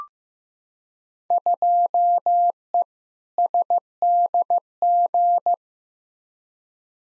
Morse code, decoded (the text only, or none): 2E SDG